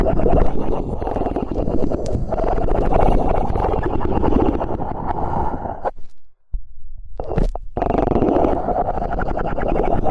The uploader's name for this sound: ear cleaning massage